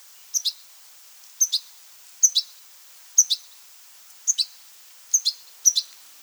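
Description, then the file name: European goldfinch repeating a high two-note call seven times in about six seconds. "Carduelis carduelis"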